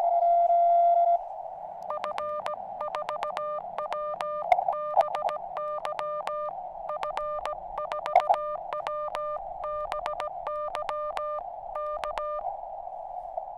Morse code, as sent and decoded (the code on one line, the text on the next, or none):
..-. ....- .-- -... -.-- / ..-. ....- .-- -... -.-- / -.-
F4WBY F4WBY K